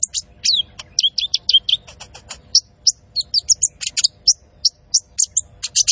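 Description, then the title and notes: Van Hasselt's sunbird: a thin, high, chattering song of swooping whistles and clicks, then spaced sharp chips. Constantly singing (gacor) bird with full fill-ins (isian) and shots (tembakan), used to train cage birds and as a lure (pancingan). "MASTERAN KOLIBRI NINJA TERBAIK FULL ISIAN DAN TEMBAKAN MEWAH COCOK BUAT PANCINGAN. Suara Burung Kolibri Ninja Gacor"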